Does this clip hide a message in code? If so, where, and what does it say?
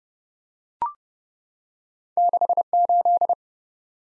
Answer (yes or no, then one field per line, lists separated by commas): yes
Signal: Morse code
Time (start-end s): 2.2-3.3 s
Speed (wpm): 32 wpm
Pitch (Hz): 700 Hz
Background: none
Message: 68